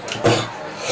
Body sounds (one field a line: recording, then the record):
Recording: coughing mixed with background sound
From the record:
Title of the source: Cough Around the Clock!